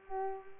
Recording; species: mosquito wingbeat signal from an infrared sensor; Culex pipiens